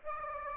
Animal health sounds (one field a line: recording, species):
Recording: mosquito wingbeat signal from an infrared sensor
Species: Aedes aegypti